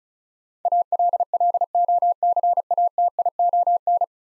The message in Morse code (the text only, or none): ALLOCATION